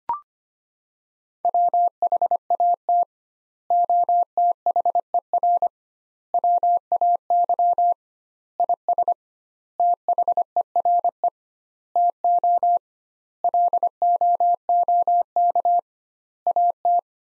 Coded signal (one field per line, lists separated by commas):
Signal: Morse code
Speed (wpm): 25 wpm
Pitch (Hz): 700 Hz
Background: none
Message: WHAT OTHER WAY IS THERE TO LOOK AT